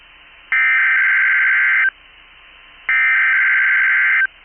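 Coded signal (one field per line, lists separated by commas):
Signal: Emergency Alert System (SAME) tones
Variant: header bursts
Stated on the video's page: Required Weekly Test.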